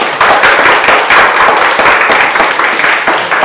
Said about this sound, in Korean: 자, 저 박수 한번 주십시오.